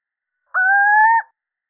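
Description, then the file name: Little owl producing a single smooth, mournful hoot, rising gradually in pitch; no other sounds present. Male. "Sycek obecny samec"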